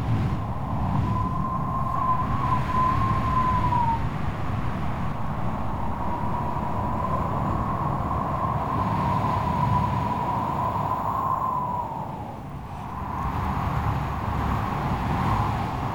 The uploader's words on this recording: Strong Stormy Wind.